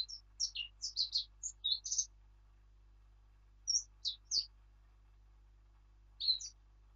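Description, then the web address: Eurasian blackcap delivering short, high twittering phrases in three separate bursts, with a faint low hum beneath and a single soft click. "birdsong Sylvia atricapilla"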